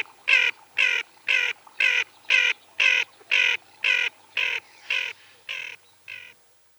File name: Aythya nyroca